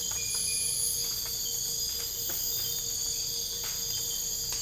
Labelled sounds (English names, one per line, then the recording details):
none
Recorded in dense forest near Puerto Asís, Putumayo, Colombia, on 22 December 2024 at 02:00
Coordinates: 0.484, -76.325
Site G056